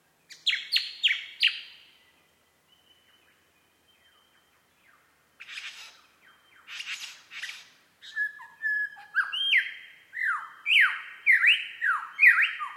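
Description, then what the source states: Superb lyrebird song: a quick run of falling whistles, a pause, scratchy bursts, then a long series of loud, repeated descending sweeps. Recorded at Mount Airly; date given as 30 May 2011.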